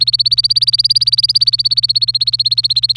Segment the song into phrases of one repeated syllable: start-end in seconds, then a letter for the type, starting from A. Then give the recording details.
0.00-2.97 A. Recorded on 26 April 2018 at 17:53. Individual llb3